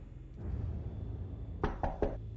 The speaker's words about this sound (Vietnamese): Sau ba tiếng động gõ cửa phát ra, thì trong đó có một giọng nói vang lên.